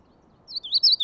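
Magnolia warbler heard as a brief run of slurred whistles starting midway and still continuing when the sound stops.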